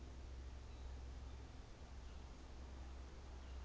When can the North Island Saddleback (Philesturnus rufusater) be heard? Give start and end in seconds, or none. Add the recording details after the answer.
none. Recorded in New Zealand on 24 December 2018. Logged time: 14:55